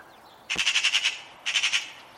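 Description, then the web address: Bird uttering two quick bursts of harsh pulsed notes, the first longer, the second shorter. "Bird Only More Classes Pi Pi Pi Pi"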